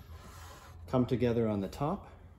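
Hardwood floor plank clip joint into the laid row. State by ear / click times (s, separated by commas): not seated / none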